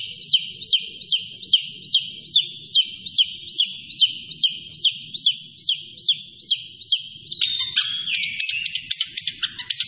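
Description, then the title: Long-tailed shrike song, one phrase repeated many times, then a switch to sharp, high clipped notes. Singing actively in full voice. "Cendet Gacor"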